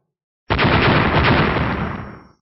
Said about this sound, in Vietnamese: Liên tiếp tiếng nổ vang lên, hai bộ khôi lỗi hình người bị mấy chục đạo quyền ảnh oanh kích, thân thể rung rẩy bắn ngược lại phía sau.